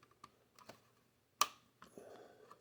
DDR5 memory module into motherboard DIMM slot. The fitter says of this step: we got one side clicking. There we go. Okay. Scary.